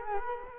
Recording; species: mosquito wingbeat signal from an infrared sensor; Culex quinquefasciatus